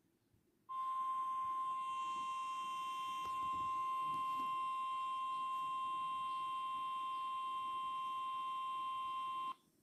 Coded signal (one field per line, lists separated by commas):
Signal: Emergency Alert System (SAME) tones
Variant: 1050 Hz attention tone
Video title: EAS #13-14 KHB41 and WXK67 Required Weekly Test [NOAA Weather Radio]